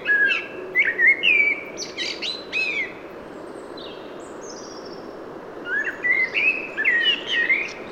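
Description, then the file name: Common blackbird giving a mellow whistled phrase with sharp high squeaks, then a long quiet stretch before another fluted phrase begins. "Turdus merula"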